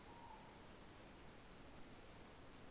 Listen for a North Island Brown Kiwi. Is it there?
no